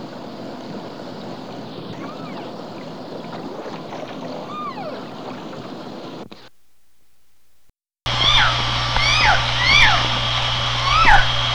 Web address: Nora Learning Orca Calls